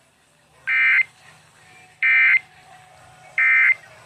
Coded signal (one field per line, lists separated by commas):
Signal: Emergency Alert System (SAME) tones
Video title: I went all out for the RMT... (EAS 388-398)